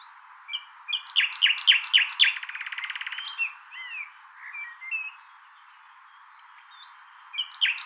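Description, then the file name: Common nightingale song: a run of sharp repeated notes leads into a fast buzzy rattle, followed by scattered varied chirps, a pause, then a new phrase starting. "Luscinia megarhynchos"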